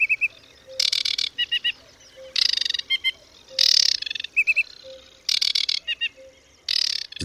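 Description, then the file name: Aquatic warbler song: scratchy churring rattles alternating with brief series of clear, slightly buzzy piping notes, phrases repeated several times. "Wodniczka"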